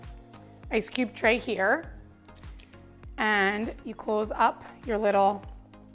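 The top half of a plastic skull-shaped ice cube tray is handled over the bottom half while someone talks, with a few faint taps and clicks between phrases. Nothing has seated or clicked shut yet.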